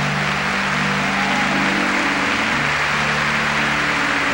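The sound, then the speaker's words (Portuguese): Heavy rain pours down in Cachoeira Paulista during a thunderstorm with much lightning. It is a steady, dense hiss that fills the whole stretch at an even, loud level, with a faint low hum underneath and no distinct thunderclap. “Está chovendo aqui em Cachoeira Paulista e com muitos raios, deu um raio maior, faltou energia.”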